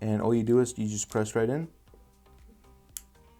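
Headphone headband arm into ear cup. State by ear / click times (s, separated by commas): seated / 3.0 s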